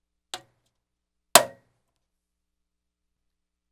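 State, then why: Seated. A metal I/O shield is pressed into the rear opening of a Fractal Define S PC case, fitted before the motherboard so the components won't have to be removed later. Two sharp clicks are heard at 0.3 s and 1.4 s, the second much louder, then silence. The shield is seated, clicking into place in the corners.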